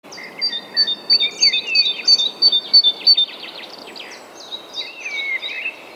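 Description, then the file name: Great tit song, a quick run of high two-note phrases for about three seconds, followed by varied chirps and trills. "Parus major"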